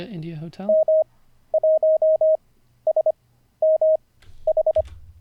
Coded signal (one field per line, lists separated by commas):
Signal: Morse code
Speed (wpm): 24 wpm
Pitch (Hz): 630 Hz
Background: speech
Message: M1SMH